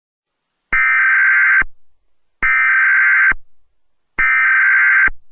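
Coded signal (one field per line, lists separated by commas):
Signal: Emergency Alert System (SAME) tones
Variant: header bursts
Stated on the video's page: Fictional EAS scenario, not a real alert.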